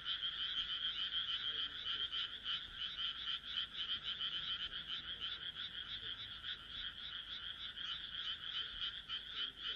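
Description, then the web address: Frog chorus, rapid pulsed croaks overlapping constantly, rising and falling a little in intensity. "kaeru kaeru"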